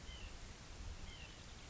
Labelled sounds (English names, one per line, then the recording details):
White-breasted Nuthatch
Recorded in Sonoma County, California